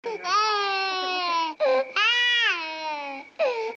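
Four bursts of loud, high-pitched infant crying come in under four seconds. The wails are long and sustained, with rich overtones and a rising-then-falling pitch, separated by brief catch-breaths. It is a typical vigorous baby cry.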